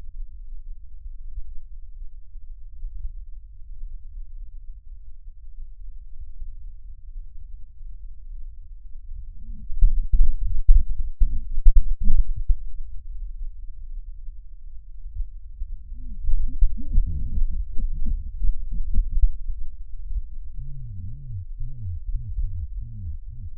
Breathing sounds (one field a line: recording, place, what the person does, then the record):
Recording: lung sounds by stethoscope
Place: left posterior apical chest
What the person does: quiet breathing, then cough and speech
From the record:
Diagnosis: pulmonary infection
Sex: male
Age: 74 years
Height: 171 cm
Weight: 80 kg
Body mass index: 27.4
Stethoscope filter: bell mode